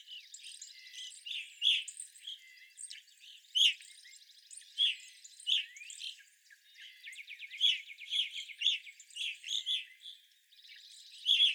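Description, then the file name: Evening grosbeak calls, loud clear chirps from several birds at uneven intervals, over a background of buzzy trills and softer chatter. Several evening grosbeaks calling, recorded 25 April 2021. "2021-04-25 Evening Grosbeaks"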